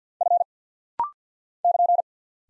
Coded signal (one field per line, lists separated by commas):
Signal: Morse code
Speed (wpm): 48 wpm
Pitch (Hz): 700 Hz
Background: none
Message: F <KN>